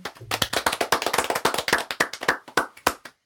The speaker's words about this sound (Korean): 그런 의미에서 바이든 미 부통령이 넬슨 만델라 서거에 우리가 묵념하자라고 청중들에게 제안했듯이 우리도 철도 노조 22일간 8천여 명의 영웅적인 투쟁에 대해서 박수 한번 보냅시다.